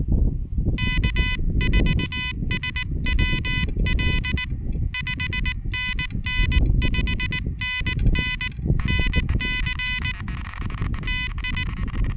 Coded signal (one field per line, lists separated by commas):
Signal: Morse code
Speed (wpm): 19 wpm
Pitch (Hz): 2500 Hz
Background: none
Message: K4SWL 5NN 5NN NC TI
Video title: Chilly Pedestrian Mobile POTA Hunting at the QTH!